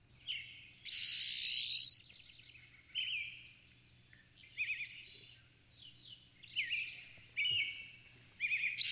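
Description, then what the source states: Pine siskin calls: quick twittering chirps, broken by a long buzzy, hissing burst early on and another starting at the end. Call, played on air after its song.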